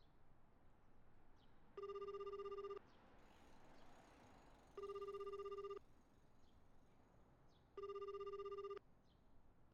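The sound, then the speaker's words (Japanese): A telephone ringback tone sounds three times on a call to the Shironeko (White Cat) moving company, each steady buzzy tone lasting about a second with two-second pauses between, over a low hiss of background noise; no one speaks. “お電話ありがとうございます。こちら白猫引越し社の自動受付になります。”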